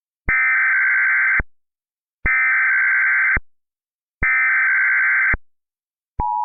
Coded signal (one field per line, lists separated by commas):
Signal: Emergency Alert System (SAME) tones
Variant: header bursts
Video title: EAS Recreation: TORNADO EMERGENCY for eastern Walker County (04/27/11)